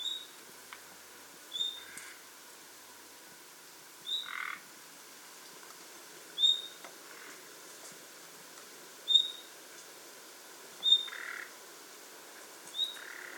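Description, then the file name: Common nightingale calls: clear, high whistles repeated every two seconds or so, some paired with short, buzzy croaks, against a soft background hiss. "Luscinia megarhynchos"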